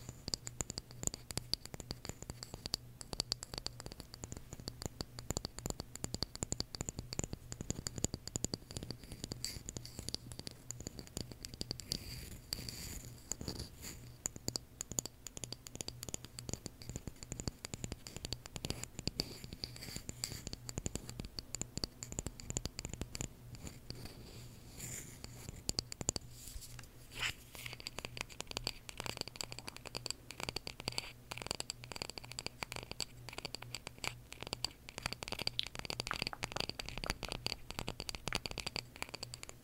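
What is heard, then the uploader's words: ASMR tapping fills the recording: a dense, steady run of quick, crisp taps and light scratching sounds, with no pauses. A low hum runs underneath throughout. After about 27 seconds the texture shifts, turning brighter and more even. ASMR Tapping For Sleep (No Talking).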